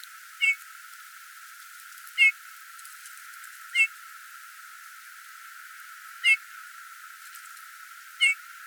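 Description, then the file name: Eurasian bullfinch repeating a soft, plaintive piping note, five clear downslurred whistles at irregular intervals of roughly one and a half to two and a half seconds. "Pyrrhula pyrrhula"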